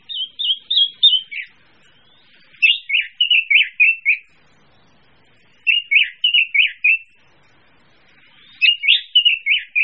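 Bird singing short phrases of rapid, chirpy, slightly buzzy notes, repeated roughly every three seconds with brief silences between them.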